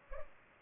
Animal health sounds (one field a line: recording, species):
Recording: mosquito wingbeat signal from an infrared sensor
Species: Culex pipiens